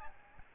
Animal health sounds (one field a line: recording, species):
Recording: mosquito wingbeat signal from an infrared sensor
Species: Aedes albopictus